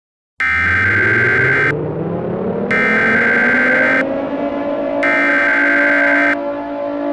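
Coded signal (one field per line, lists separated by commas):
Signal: Emergency Alert System (SAME) tones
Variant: header bursts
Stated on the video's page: Fictional EAS scenario that may contain valid EAS tones.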